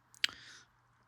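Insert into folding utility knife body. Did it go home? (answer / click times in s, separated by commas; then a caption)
yes / 0.2 s. An insert is pushed into the body of a Milwaukee Fastback 6-in-1 folding multi-function utility knife. A couple of faint ticks come first, then a sharp snap at 0.2 s and a brief hiss-like tail. The insert seats with that snap.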